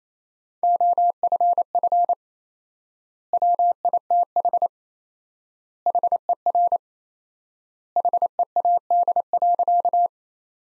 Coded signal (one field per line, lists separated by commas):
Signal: Morse code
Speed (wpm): 28 wpm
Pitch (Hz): 700 Hz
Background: none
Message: OFF WITH HER HEAD.